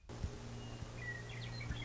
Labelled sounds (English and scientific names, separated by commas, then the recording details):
Western Meadowlark (Sturnella neglecta)
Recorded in Sonoma County, California